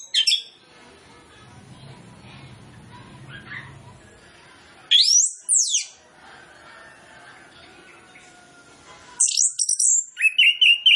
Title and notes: Masteran Anis Kembang Full Isian Untuk Suara Pancingan Anis Kembang Agar Cepat Ngeplong. Suara Burung Anis Kembang